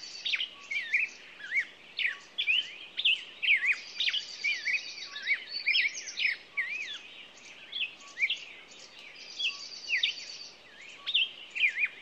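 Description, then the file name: Songbird chorus of busy, jumbled whistles and chirps, with a rattling high trill appearing twice and a faint low note ticking in the background. Morning songbirds. "Echoes Of Nature-Morning Songbirds"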